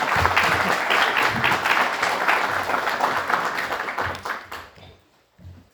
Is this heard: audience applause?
yes